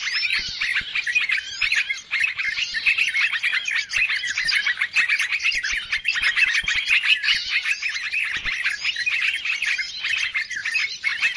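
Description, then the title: Birds twittering in a crowded flock, rapid high chirps and squeaky notes layered over one another for the whole stretch. Chorus of noisy birds used as a lure sound to attract birds; many birds said to approach as soon as it is played. "Baru Diputar Dah Banyak Merapat! Suara Pikat Burung Ribut"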